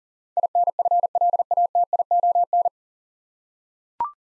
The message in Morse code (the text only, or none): INFLATION